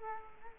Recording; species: mosquito wingbeat signal from an infrared sensor; Culex quinquefasciatus